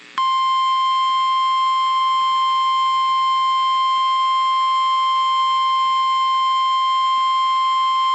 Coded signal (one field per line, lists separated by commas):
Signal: Emergency Alert System (SAME) tones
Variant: 1050 Hz attention tone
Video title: Severe Thunderstorm Warning (EAS #393)